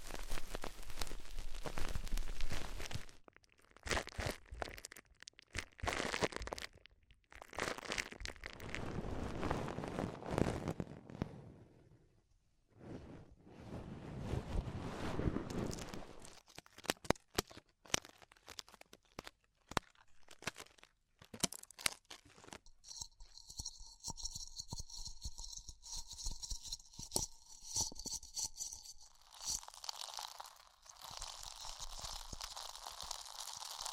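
Ear exploration with dense crunching and crinkling, coming in bursts separated by short silences, most busy in the first twenty seconds. After about 22 seconds the texture thins to sparse crackles over a steady high whine and a low hum, then turns hissier near the end.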